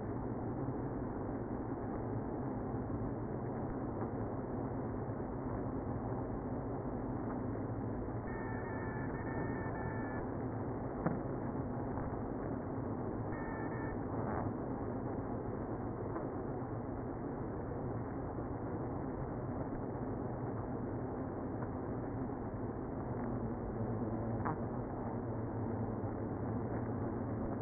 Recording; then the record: honeybee colony, microphone inside the hive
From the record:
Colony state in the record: queenless (queen removed); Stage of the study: after two queens were removed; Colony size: about 60,000 bees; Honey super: yes